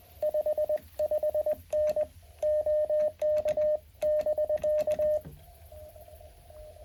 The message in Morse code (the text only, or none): 55N OK<BK>